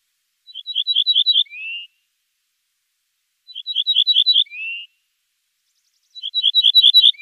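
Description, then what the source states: Ortolan Bunting singing, a short phrase of about six clear ringing notes followed by a lower drawn-out note, repeated about every three seconds. Played back.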